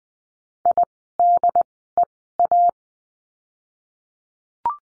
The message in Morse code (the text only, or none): IDEA